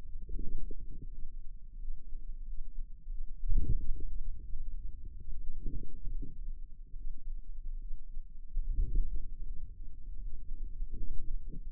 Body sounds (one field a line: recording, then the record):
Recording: forearm muscle sounds (acoustic myography)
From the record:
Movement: wrist flexion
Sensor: system 2, bracelet of six BSWA MPA416 microphones around the upper forearm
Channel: 4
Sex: female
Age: 23 years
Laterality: right